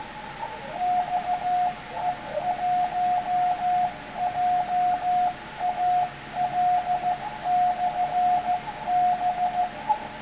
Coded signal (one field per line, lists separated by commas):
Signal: Morse code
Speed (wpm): 15 wpm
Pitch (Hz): 720 Hz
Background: radio noise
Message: XE1JAL/B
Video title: Scanning the Ham Bands (HF) 10/12/2024 #hamradio